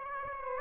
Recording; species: mosquito wingbeat signal from an infrared sensor; Aedes aegypti